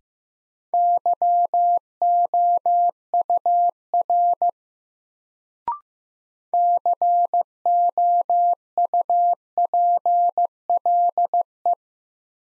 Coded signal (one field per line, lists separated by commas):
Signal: Morse code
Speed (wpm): 15 wpm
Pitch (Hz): 700 Hz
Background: none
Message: YOUR COUPLE